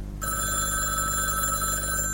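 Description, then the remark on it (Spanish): A shrill telephone bell starts ringing one morning after a brief moment and keeps going steadily, a bright, high, sustained electronic trill over a low background hum, with no one speaking. “cuando el estridente sonido del teléfono turbó su tontamiento mañanero.”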